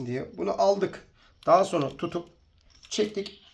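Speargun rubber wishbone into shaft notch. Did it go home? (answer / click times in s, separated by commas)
no / none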